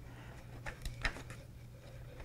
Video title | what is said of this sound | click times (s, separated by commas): HobbyZone Sportsman S+ Final Assembly Steps | and snap in place | 1.1 s